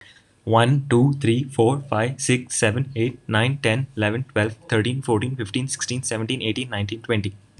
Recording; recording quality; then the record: counting at a fast pace; excellent, no background noise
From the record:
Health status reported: healthy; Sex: male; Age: 18 years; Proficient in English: yes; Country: India